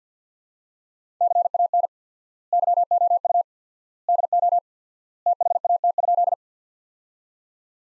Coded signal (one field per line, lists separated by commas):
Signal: Morse code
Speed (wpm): 50 wpm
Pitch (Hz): 700 Hz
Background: none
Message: CAN YOU DO THAT?